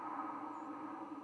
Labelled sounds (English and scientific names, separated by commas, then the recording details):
White-throated Sparrow (Zonotrichia albicollis) flight call
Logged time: 04:26 on 10 November 2014